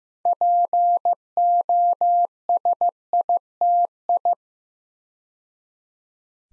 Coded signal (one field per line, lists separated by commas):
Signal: Morse code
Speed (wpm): 15 wpm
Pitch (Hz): 700 Hz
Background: none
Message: POSITI